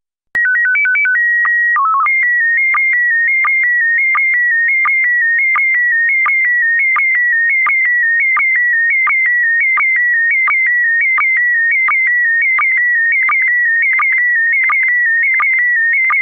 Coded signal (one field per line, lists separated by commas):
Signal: SSTV (slow-scan television)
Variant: PD 90